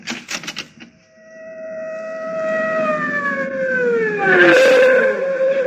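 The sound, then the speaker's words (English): In a Jack Benny radio comedy scene, a short burst of clattering knocks gives way to a fire engine siren. The siren swells steadily louder, then its wailing pitch slides downward and winds down as the engine stops at Mr. Benny's house, which is on fire. “The fire engine. I wonder why it's stopping here.”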